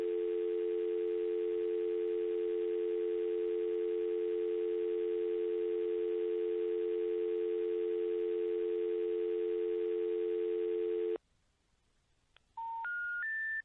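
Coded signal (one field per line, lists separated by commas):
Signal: telephone call progress tone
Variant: North America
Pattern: dial tone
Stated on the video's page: Call progress tones from a central-office-controlled Northern Telecom Centurion pay phone.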